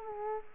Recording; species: mosquito wingbeat signal from an infrared sensor; Culex quinquefasciatus